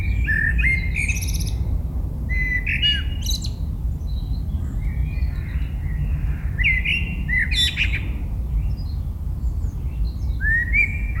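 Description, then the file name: Eurasian blackbird song, short mellow fluting phrases ending in squeaky twittering flourishes, set against a steady low rumble of background noise. Recorded in 2018. "Merle 2018"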